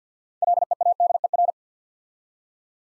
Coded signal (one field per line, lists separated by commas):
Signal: Morse code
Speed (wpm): 50 wpm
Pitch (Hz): 700 Hz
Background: none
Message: LEADER